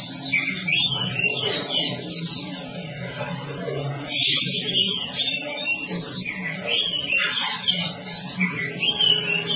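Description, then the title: Oriental magpie-robin singing continuously, varied high whistles and quick slurred phrases with a buzzy burst midway, a low background drone throughout. Song described as long-duration (durasi panjang). "Kacer"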